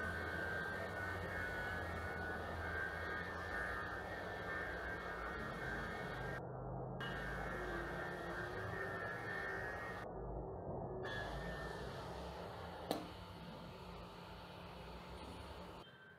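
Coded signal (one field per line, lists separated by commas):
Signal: FT8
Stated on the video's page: FT8 test transmission from a uBitx transceiver running WSJT-X through two USB sound cards.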